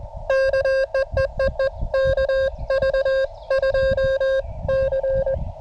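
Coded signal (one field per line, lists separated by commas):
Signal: Morse code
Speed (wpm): 20 wpm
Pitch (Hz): 540 Hz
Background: music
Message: KEEEE KV2C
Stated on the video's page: CW Parks on the Air activation with a Venus SW-3B under rough band conditions.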